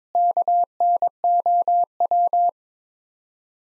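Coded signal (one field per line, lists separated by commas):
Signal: Morse code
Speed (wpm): 22 wpm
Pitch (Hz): 700 Hz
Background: none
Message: KNOW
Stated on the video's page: Morse practice sentences from the top 100 words at 22 wpm with 4x word spacing, a word-based take on the Farnsworth method.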